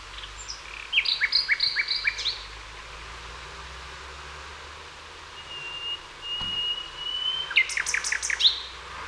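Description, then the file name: Common nightingale song: a burst of rapid, varied chirps and trills, a pause with a thin sustained whistle, then another fast rattling phrase. "Luscinia megarhynchos"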